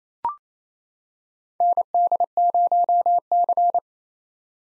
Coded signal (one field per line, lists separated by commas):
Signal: Morse code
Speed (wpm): 28 wpm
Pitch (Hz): 700 Hz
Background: none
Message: ND0C